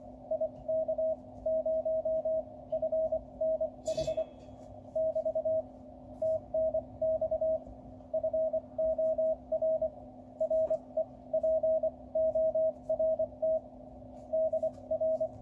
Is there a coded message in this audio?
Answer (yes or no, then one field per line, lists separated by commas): yes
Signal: Morse code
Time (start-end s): 0.3-15.3 s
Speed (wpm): 25 wpm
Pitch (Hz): 640 Hz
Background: radio noise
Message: IK0FNH <BT> TNX FOR REPORT DR